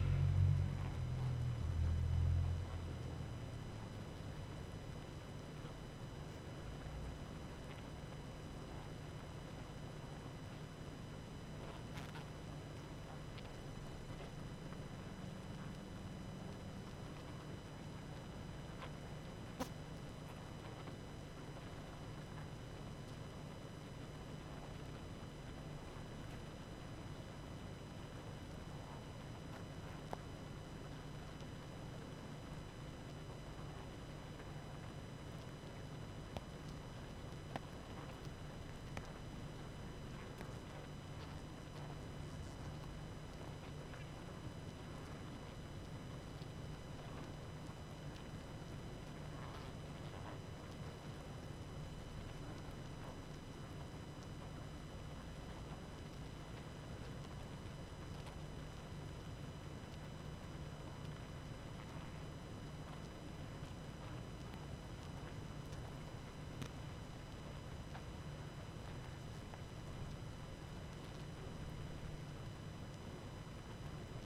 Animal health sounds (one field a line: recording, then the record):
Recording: honeybee colony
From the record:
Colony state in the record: active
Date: 12 June 2018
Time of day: 19:55